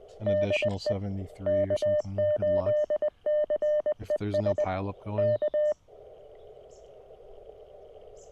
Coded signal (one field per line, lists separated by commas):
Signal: Morse code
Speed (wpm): 20 wpm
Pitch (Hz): 590 Hz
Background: speech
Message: DE K8CES K